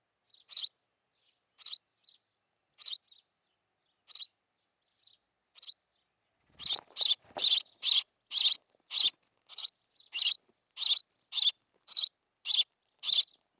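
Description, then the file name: House sparrow calls: sparse quieter chirps about every second at first, then a faster, louder run of insistent chirps for the last seven seconds. "Passer domesticus"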